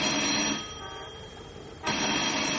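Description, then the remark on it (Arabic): A telephone rings in two bursts with a brief lull between them, the awaited call from a lawyer about a court ruling, a bright, steady electronic tone with a buzzing edge, fairly loud and with no voices over it. “ما انا مستنيه تليفون من المحامي هيبلغني اول ما يصدر الحكم.”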